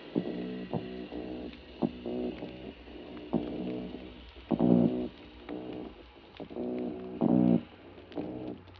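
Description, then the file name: Mulloway croaks: a series of short, low, buzzy harmonic grunts, repeated at uneven intervals, with some louder bursts among them, over a steady low background rumble. "Parsons M-2013 Argyrosomus-japonicus"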